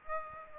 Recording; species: mosquito wingbeat signal from an infrared sensor; Aedes aegypti